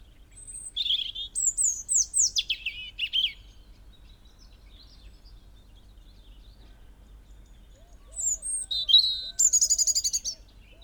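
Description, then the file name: European robin singing two high, sweet, tumbling phrases separated by a long pause, with soft repeated lower notes under the second phrase. "Erithacus rubecula"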